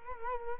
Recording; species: mosquito wingbeat signal from an infrared sensor; Culex quinquefasciatus